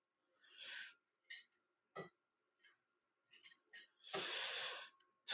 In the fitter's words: ça accroche pas.